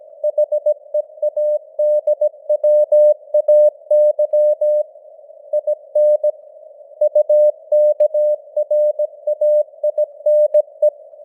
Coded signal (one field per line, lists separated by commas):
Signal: Morse code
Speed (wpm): 17 wpm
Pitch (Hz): 600 Hz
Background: none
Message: HEADWAY IN UKRAINE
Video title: Morse Code News | 2025-10-17 | 17wpm